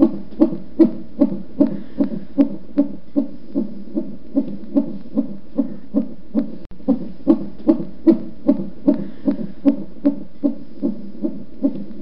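A fetal heartbeat heard through a Doppler monitor: rapid, regular whooshing beats at about 150 per minute.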